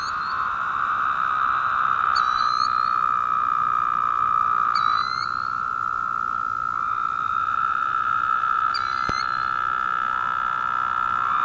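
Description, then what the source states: Woodhouse's toad chorus holds a continuous, nasal buzzing drone throughout, while short, high, descending chirps break through three times. Several toads calling.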